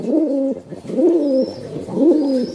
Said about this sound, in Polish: Jak na starszego gołębia przystało na taki bardziej basowy.